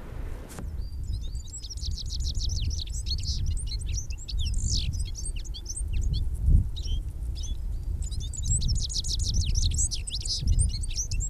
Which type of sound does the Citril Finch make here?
song